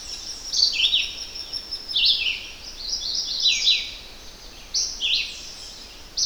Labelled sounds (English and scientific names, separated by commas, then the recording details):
Red-eyed Vireo (Vireo olivaceus) song
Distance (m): 10 m
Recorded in boreal forest in Alberta, Canada, on 10 June 2016 at 06:02
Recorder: SongMeter 3, array SBT-3-39
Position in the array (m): 205 m, 113 m